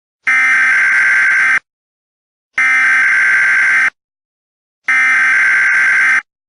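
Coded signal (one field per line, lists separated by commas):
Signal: Emergency Alert System (SAME) tones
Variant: header bursts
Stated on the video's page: Fictional paranormal emergency scenario for entertainment, using valid EAS tones.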